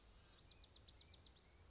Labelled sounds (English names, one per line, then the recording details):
Bewick's Wren
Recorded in Sonoma County, California